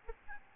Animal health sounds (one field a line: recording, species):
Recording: mosquito wingbeat signal from an infrared sensor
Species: Aedes albopictus